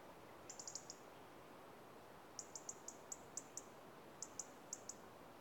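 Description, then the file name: European robin calls: short, very high thin ticking notes in quick clusters of several, with pauses between bursts, over faint steady background hiss. "Erithacus rubecula - European Robin"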